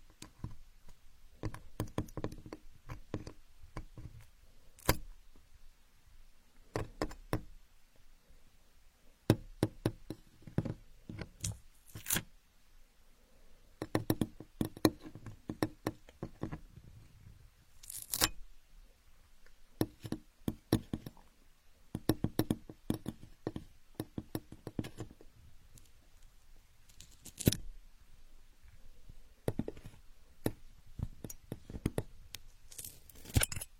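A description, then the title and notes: Building blocks clack and knock together in irregular bursts, with quick clusters of sharp hits followed by short pauses. Some impacts are bright clicks, others duller thuds, and the rattling continues unevenly for the whole stretch. Asmr, playing with building blocks.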